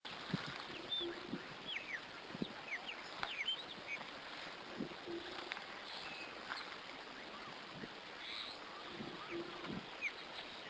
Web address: cantos nacunda